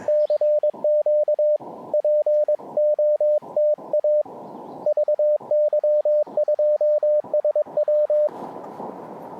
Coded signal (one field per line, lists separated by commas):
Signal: Morse code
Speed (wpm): 22 wpm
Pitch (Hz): 600 Hz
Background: radio noise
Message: CQ POTA VY2SW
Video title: QRP Band Hopping: Two-fer POTA at Parc national des Grands-Jardins